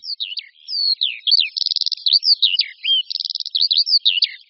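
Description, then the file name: Eurasian skylark mixing high slurred chirps with two fast buzzing rattles, a lively varied phrase. "Skřivan-polní"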